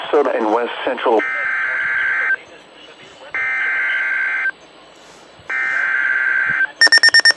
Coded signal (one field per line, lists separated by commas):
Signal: Emergency Alert System (SAME) tones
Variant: header bursts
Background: speech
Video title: EAS Severe Thunderstorm Warning Anoka Ramsay and Washington County Minnesota NOAA Weather Radio